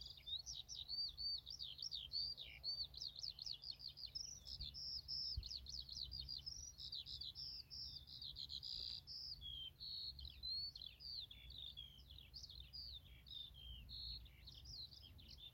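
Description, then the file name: Eurasian skylark song: a continuous, rapid warbling stream of high chirrups, trills and slurred whistles, unbroken throughout, over a low rumbling background hum. "mezei pacsirta hangja"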